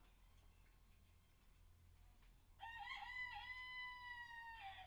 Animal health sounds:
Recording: poultry house recording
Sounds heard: healthy chickens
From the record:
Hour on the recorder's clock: 17

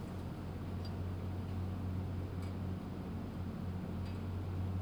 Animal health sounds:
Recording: poultry house recording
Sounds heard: no chicken sound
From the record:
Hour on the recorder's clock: 22

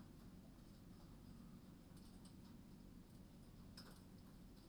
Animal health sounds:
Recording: poultry house recording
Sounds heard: no chicken sound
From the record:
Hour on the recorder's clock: 22

